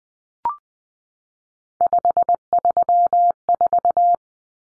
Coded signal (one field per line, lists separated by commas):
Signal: Morse code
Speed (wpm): 20 wpm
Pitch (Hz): 700 Hz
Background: none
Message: 534